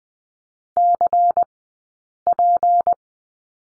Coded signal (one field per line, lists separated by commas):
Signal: Morse code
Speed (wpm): 20 wpm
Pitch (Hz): 700 Hz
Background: none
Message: CP